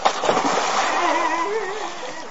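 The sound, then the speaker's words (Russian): A briefcase thrown into a canal hits the water with a loud splash, followed by a couple of seconds of sloshing and churning as the water settles. “Бедняга так испугался, что бросил портфель в канал.”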